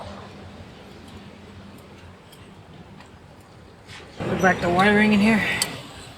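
A wiring harness connector is handled at a newly installed alternator during an alternator replacement, with quiet low background noise for the first four seconds. Someone then talks from about 4.2 to 5.7 seconds. The connector has not seated or clicked into the alternator yet.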